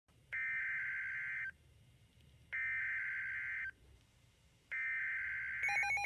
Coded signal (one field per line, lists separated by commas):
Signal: Emergency Alert System (SAME) tones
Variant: header bursts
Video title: Special Marine Warning-(EAS #141)